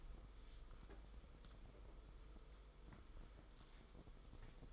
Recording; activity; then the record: daily activity, microphone in the room; wipe stove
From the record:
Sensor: 5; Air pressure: 990.6 hPa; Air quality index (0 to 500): 158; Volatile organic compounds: 230 ppm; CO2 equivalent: 4306 ppm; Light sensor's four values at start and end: 42/121/48/52 and 42/120/48/52